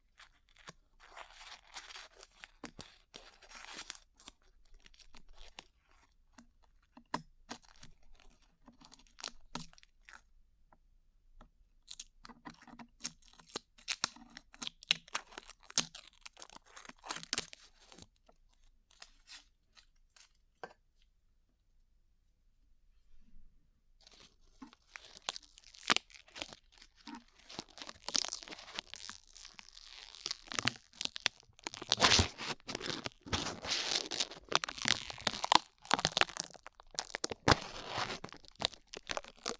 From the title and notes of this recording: ASMR Peeling Glue Off Your Ears (No Talking).